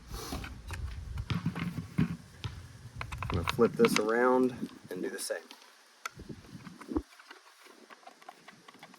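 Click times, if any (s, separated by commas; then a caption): none. A second plastic retaining keeper is flipped around and handled at the headlight assembly mount of a 1996–2002 third-generation Toyota 4Runner, ready to be pressed on the same way as the first. Someone talks while short plastic taps and handling clicks sound throughout, and nothing has seated or clicked into place yet.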